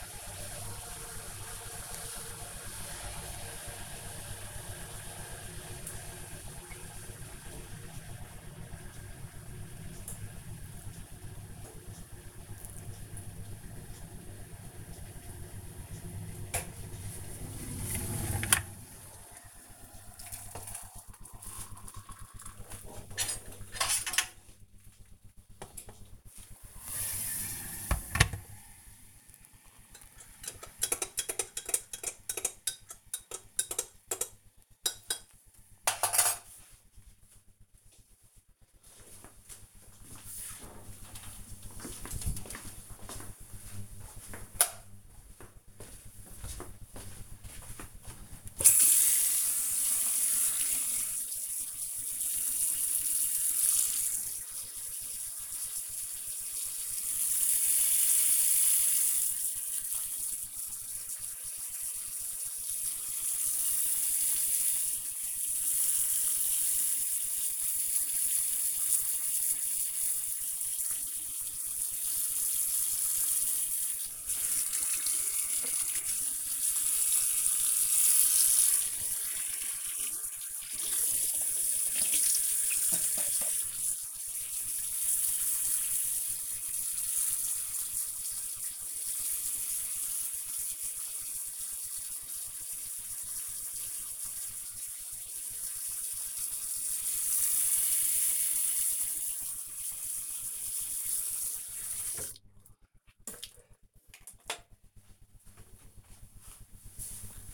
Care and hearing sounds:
household activities, microphone on the right wrist
0.00-36.08 s: making tea
50.20-102.62 s: brushing teeth

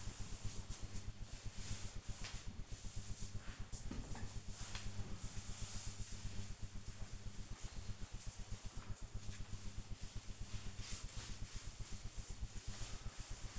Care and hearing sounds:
household activities, microphone on the right wrist
0.00-13.59 s: cleaning table

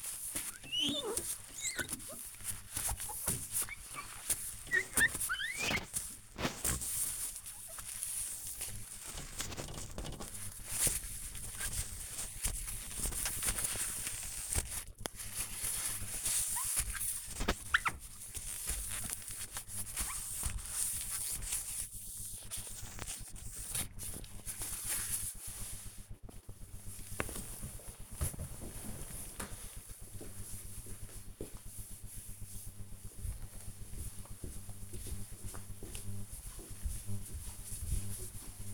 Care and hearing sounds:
household activities, microphone on the right wrist
0.00-25.17 s: window cleaning

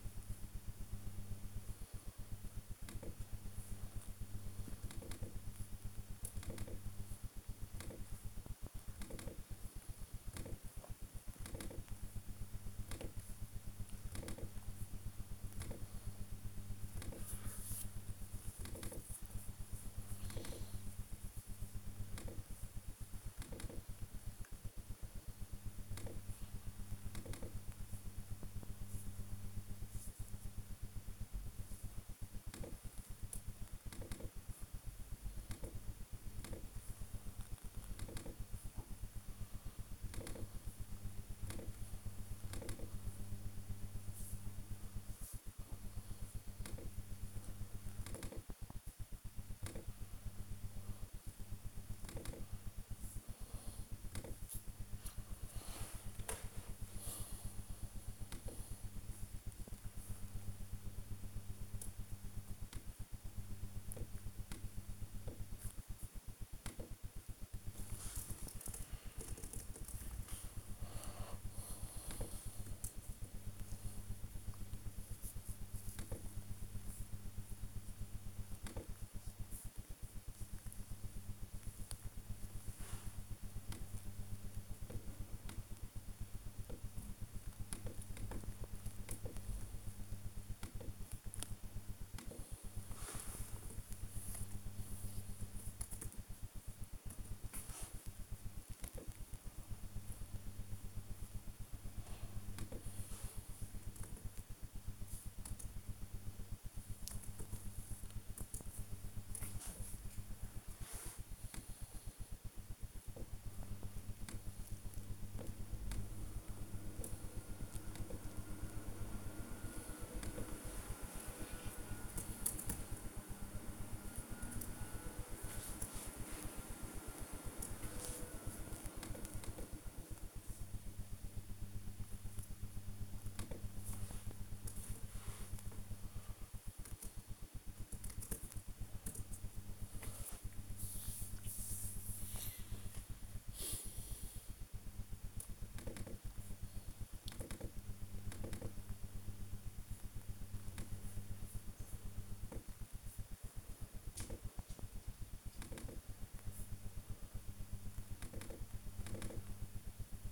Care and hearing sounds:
household activities, microphone on the right wrist
0.00-71.16 s: working on the computer
75.17-160.32 s: working on the computer

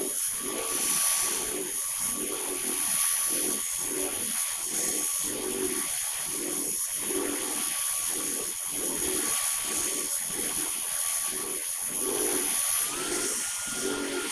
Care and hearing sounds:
household activities, microphone on the right wrist
0.00-14.32 s: vacuum cleaning

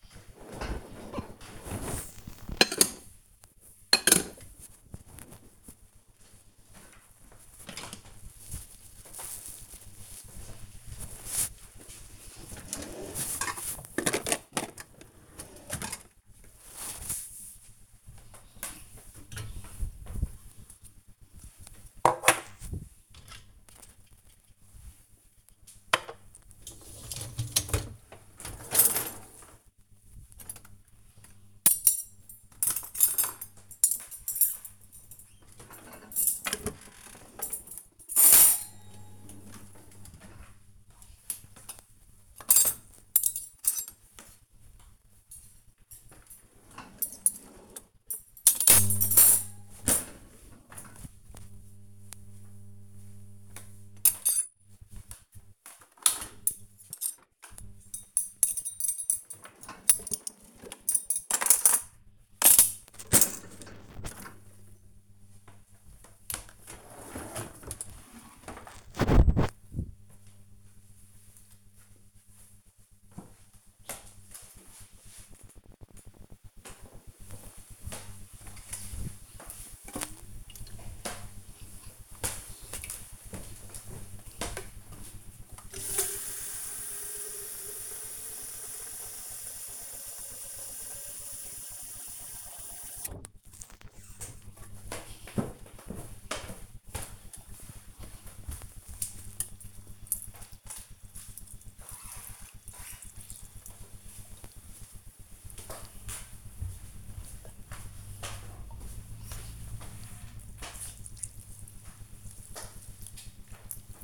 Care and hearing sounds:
household activities, microphone on the right wrist
0.00-68.21 s: cleaning out the dishwasher
76.29-114.04 s: watering plant

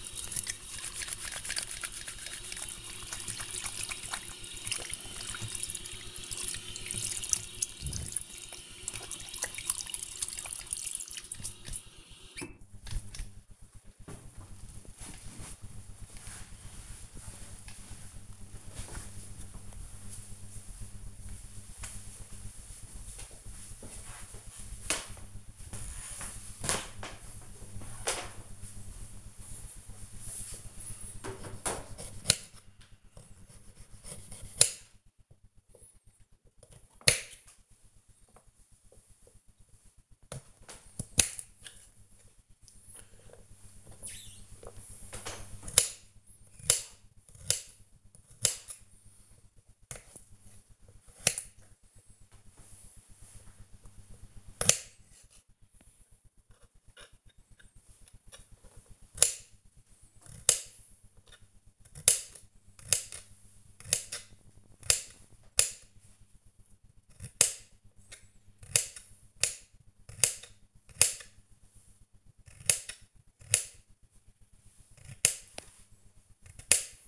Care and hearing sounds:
household activities, microphone on the right wrist
0.00-12.90 s: washing hands
29.00-77.08 s: cutting vegetables

